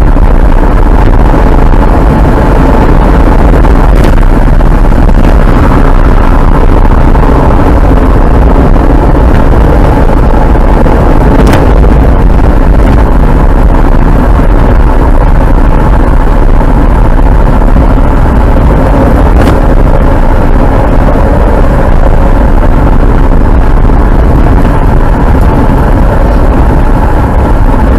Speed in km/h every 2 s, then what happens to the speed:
76, 80, 82, 68, 65, 61, 61, 68, 70, 72, 72, 68, 68, 67.
0-4 speeds up to 82. 4-10 brakes to 61. 10-17 speeds up to 72. 17-28 steady at about 68.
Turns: none.